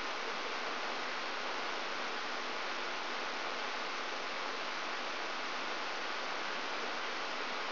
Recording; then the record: brain microelectrode recording played as sound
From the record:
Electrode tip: outside the subthalamic nucleus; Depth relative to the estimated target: 3.5 mm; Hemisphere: right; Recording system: AlphaMap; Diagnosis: Parkinson's disease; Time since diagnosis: 20 years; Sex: female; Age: 65 years